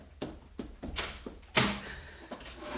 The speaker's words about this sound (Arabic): أسمع طرقات على الباب. انتظر صامتا، أعتقد أنه والدك.